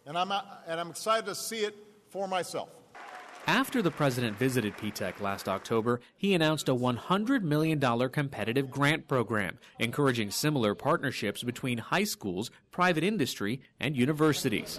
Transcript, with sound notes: And I’m not — and I’m excited to see it for myself.
(APPLAUSE) After the president visited P-TECH last October, he announced a $100 million competitive grant program, encouraging similar partnerships between high schools, private industry and universities;